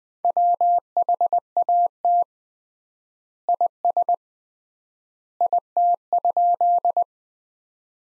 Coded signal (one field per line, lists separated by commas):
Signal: Morse code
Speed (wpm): 20 wpm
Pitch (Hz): 700 Hz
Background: none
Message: WHAT IS IT?